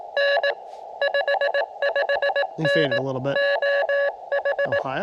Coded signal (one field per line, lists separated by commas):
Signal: Morse code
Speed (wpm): 20 wpm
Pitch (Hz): 590 Hz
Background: speech, radio noise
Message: N 55N JH